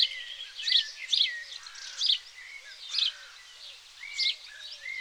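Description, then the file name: House sparrow calls: several loud single chirps at irregular intervals, with soft background twitters and a faint low whistled series underneath. "Passer domesticus"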